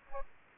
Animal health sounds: mosquito wingbeat signal from an infrared sensor; Aedes aegypti

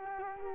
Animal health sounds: mosquito wingbeat signal from an infrared sensor; Culex quinquefasciatus

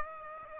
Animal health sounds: mosquito wingbeat signal from an infrared sensor; Aedes aegypti

